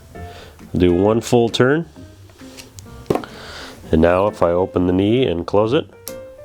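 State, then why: Seated. A prosthetic friction-brake knee has its lock mode turned on, then the knee is flexed open and closed while someone talks. The locking mechanism engages with a single sharp click at 6.1 s, and the knee is locked.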